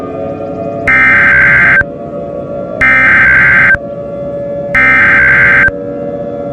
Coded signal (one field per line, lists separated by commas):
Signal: Emergency Alert System (SAME) tones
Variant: header bursts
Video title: EAS SCENARIO GODZILLA